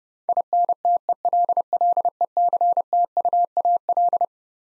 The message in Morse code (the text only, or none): INTELLECTUAL